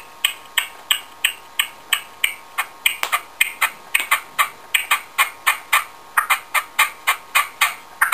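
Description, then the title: Partridge song: a steady run of harsh, chuffing notes with sharp onsets. "Pavanegra. PERDIZ CANTANDO"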